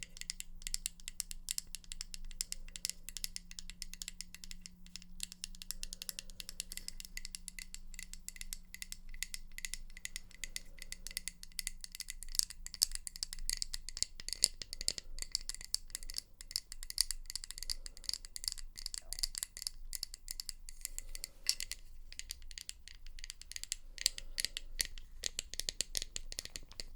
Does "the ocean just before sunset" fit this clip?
no